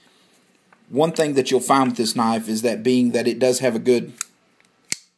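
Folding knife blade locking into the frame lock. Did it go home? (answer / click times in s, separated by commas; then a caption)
yes / 4.9 s. Someone talks while holding a Combat Ready Knives L2 Tactical Comred 88 folding knife with a full frame lock. The blade is swung open, and the frame lock engages against it with a sharp, positive click at 4.9 s. The blade is now locked open.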